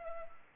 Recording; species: mosquito wingbeat signal from an infrared sensor; Culex pipiens